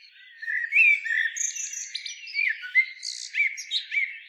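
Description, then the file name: Common blackbird song, a tumbling sequence of squeaky whistles, chuckles and high twittering notes delivered rapidly. "Turdus merula"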